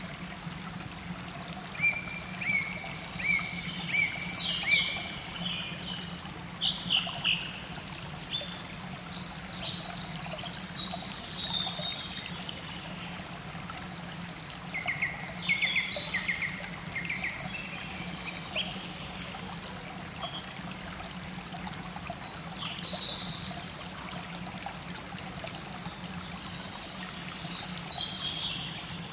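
Water runs steadily with a low, even rush, while bright bird calls chirp and trill in scattered bursts above it, busiest early and mid-clip.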